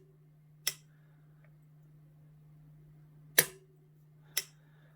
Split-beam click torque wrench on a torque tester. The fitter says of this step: that's pretty good right when it clicks